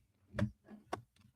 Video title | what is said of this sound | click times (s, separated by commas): Don’t Replace Your Laptop Battery Until You Check This (Real IT Fix) | Run this down the same. You hear it popping. | 0.4 s, 0.9 s